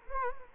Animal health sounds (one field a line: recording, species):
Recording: mosquito wingbeat signal from an infrared sensor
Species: Culex quinquefasciatus